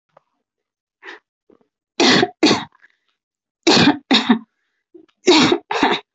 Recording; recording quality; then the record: heavy voluntary cough; excellent, no background noise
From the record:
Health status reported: recovered from COVID-19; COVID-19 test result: negative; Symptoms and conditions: breathing difficulty, hypertension, ischaemic heart disease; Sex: female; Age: 53 years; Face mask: worn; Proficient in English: yes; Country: India